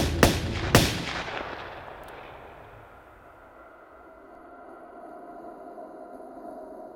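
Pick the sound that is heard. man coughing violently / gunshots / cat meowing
gunshots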